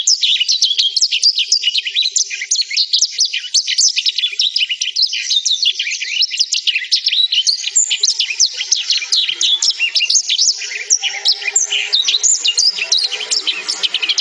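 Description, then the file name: Black-throated canary singing, a rapid unbroken stream of high, tinkling twitters and short trills. "suara burung blackthroat"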